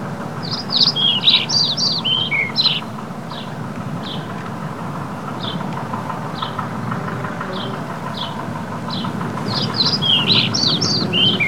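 Bird chirps in clustered bursts at start and end, with sparse single notes between, over a steady low rumble.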